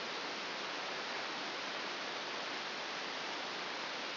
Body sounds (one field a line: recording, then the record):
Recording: brain microelectrode recording played as sound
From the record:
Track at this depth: outside the subthalamic nucleus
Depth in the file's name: 6.501 mm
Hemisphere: left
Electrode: 2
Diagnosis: Parkinson's disease